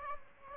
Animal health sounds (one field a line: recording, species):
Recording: mosquito wingbeat signal from an infrared sensor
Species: Aedes aegypti